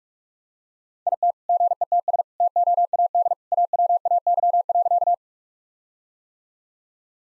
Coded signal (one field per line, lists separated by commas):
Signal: Morse code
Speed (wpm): 46 wpm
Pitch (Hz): 700 Hz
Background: none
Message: IT GETS TOAD AWAY.